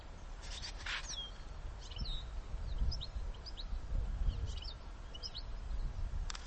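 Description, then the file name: European goldfinch calls: thin, quick twittering chirps in several short bursts, with a steady low rumble of background noise underneath. "Carduelis carduelis"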